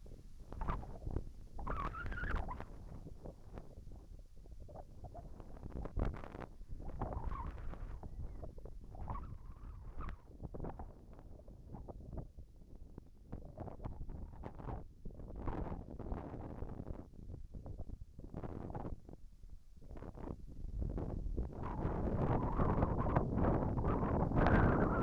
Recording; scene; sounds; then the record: everyday scene through a hearing-aid microphone; wind on the microphone; wind, whistling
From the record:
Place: in front of a rural house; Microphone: behind the ear, right, rear